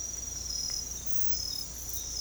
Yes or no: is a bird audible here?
no